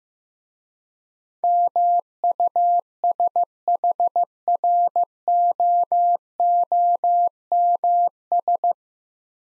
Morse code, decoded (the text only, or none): MUSHROOMS